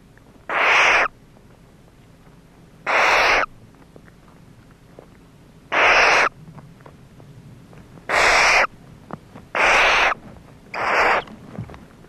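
Barn owl giving harsh, hissing screeches of about half a second each, six calls spaced irregularly one to three seconds apart over a quiet background.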